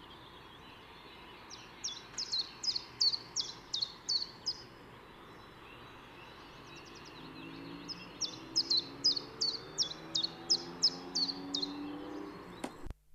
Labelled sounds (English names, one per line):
Common Chiffchaff song